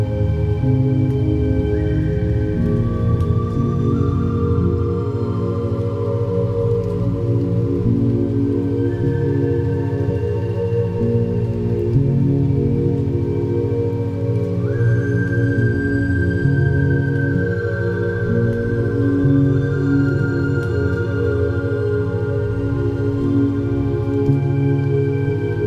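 A steady bed of layered, humming low tones holds at an even level throughout, with long held flute notes drifting in above it and sliding to new pitches every few seconds. Faint, soft rain hiss sits in the background.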